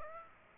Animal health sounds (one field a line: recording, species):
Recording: mosquito wingbeat signal from an infrared sensor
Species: Aedes aegypti